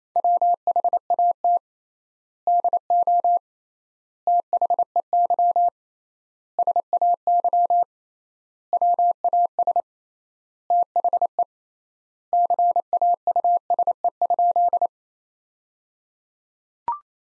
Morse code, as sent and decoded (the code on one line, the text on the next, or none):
.-- .... .- - / -.. --- / - .... . -.-- / ... .- -.-- / .-- .- ... / - .... . / -.-. .- ..- ... . ..--..
WHAT DO THEY SAY WAS THE CAUSE?